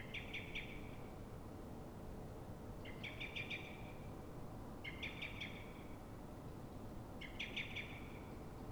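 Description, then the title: Common blackbird alarm: four short rattling bursts of sharp chinking notes about two seconds apart, over a low continuous background rumble. Dawn, Fuenlabrada, Madrid, Spain; same bird recorded twenty minutes after earlier calls, now frightened or threatened, probably by another blackbird; Zoom H1n recorder. "Pl. de Francisco Escolar, 10, 28944 Fuenlabrada, Madrid, España - Mirlo asustado"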